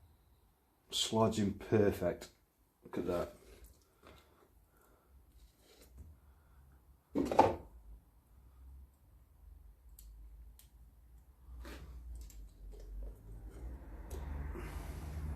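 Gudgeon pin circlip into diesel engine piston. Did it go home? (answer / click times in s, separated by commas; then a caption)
no / none. A steel retaining circlip is fitted into its groove in the aluminium piston boss of a new diesel engine piston for a Land Rover Series, after the gudgeon pin has slid into the piston. Someone talks over several handling knocks, with a sharp hit around 7.4 s and a faint tick near 10.0 s, while a low hum builds toward the end. The circlip has not clicked into place or seated yet.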